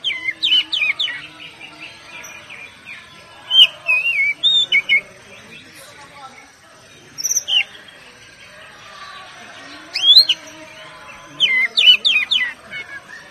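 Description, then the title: Oriental magpie-robin singing a varied run of rich whistles, warbled trills and quick slurred notes, with a pause midway before the phrases resume. "Kacer"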